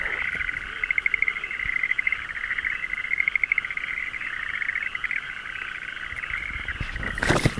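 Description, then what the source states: Frogs calling as a steady chorus of fast, pulsing trills overlapping continuously, with a sharp click near the end. Recorded on 26 May 2012 with a Shure microphone.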